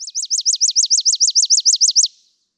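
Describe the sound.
Chipping sparrow song, a dry, even, high trill of about fourteen quick identical chirps lasting roughly two seconds, then silence.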